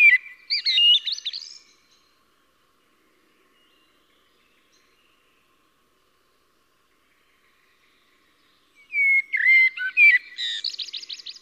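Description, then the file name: Common blackbird giving two song phrases with squeaky twittering, separated by about seven seconds of silence. "Turdus merula"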